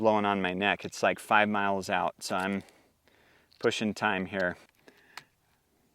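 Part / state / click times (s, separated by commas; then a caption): pellet magazine into air rifle receiver / seated / 5.2 s. A rotary pellet magazine is pushed into the receiver of a nitrogen-powered air rifle while someone talks. Small taps are heard near 4.8 and 4.9 seconds. A sharp snap at 5.2 seconds marks the magazine seating home.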